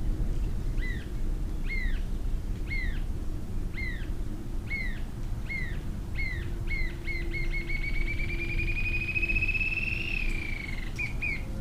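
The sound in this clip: Green-tailed jacamar song: sharp arched high notes repeated about once a second, speeding up into a long, rising trill, then a few last notes, over low hum.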